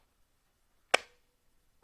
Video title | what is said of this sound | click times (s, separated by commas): Joovy Qool How-To Install & Remove the Bench Seat 🙃😆 | and you'll hear those clicks | 0.9 s